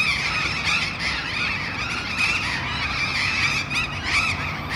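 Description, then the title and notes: Burrowing parrots screeching in a noisy flock, harsh rasping squawks coming in quick overlapping bursts, with low background rumble. Perched on urban overhead power lines at the corner of Humboldt and H. Yrigoyen, Barrio La Falda, Bahía Blanca. "Loros barranqueros (Cyanoliseus patagonus) en tendido eléctrico aéreo urbano. Humboldt esq. H. Yrigoyen. B° La Falda. Por Sonoteca Bahía Blanca"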